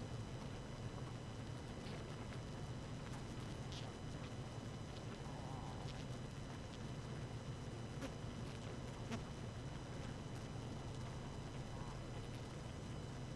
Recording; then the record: honeybee colony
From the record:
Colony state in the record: active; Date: 12 June 2018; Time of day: 0:29